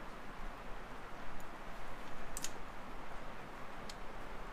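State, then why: Seated. The lobed governor spring adjustment screw on a P7100 diesel injection pump is turned through its detents to the second, definite click, the setting for 4K rev. Two sharp ticks land at 2.4 s and 2.5 s over a steady broadband hiss, with a fainter tick at 3.9 s. The screw is seated in its second detent.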